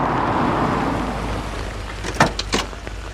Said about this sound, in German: Himmel, Leute, kommt aus dem Regen, ihr holt euch ja noch den Tod.